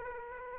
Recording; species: mosquito wingbeat signal from an infrared sensor; Aedes aegypti